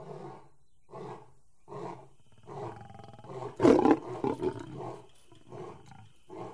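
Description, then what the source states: Big cat giving rhythmic grunts, broken by a sudden harsh loud roar midway before the steady grunting resumes. Big cat house.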